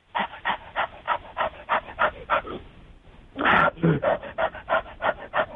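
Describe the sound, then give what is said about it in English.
A person imitates a dog panting with a steady run of quick, breathy huffs, roughly two per second, pausing briefly midway before a louder, rougher burst and more rapid pants. “Oh, well, here, I'll do some panting.”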